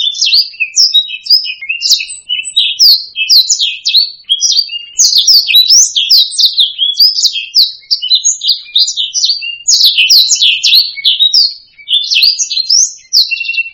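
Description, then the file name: Black-throated laughingthrush song, a long, nonstop stream of varied high chirps, slurs and trills, loud and rich, with no other sounds. "suara-kicauan-burung-blacksang -omkicau"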